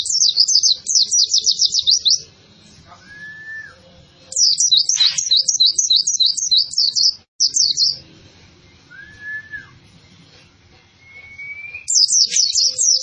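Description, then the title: White-eye song: rapid high twittering phrases in bursts, separated by pauses with a few soft whistles. Lively-singing ('gacor') white-eye song used to train cage birds. "Pleci Gacor. Masteran Burung PLECI"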